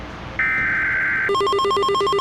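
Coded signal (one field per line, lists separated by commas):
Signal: Emergency Alert System (SAME) tones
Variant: header bursts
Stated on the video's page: Fictional EAS scenario.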